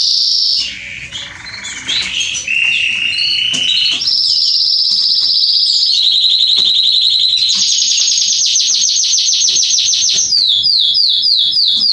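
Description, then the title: Belgian canary song of varied chirps leading into sustained trills at shifting pitches, a fast high pulsing roll, then quick falling notes. Male Belgian canary singing a lot, used to warm up and train young canaries. "Canary Training Esquente Seu Filhote E Canario Belga Em 30 Minutos Macho Cantando Muito. CANTO DO CANRIO"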